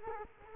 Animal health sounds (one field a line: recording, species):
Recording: mosquito wingbeat signal from an infrared sensor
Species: Culex quinquefasciatus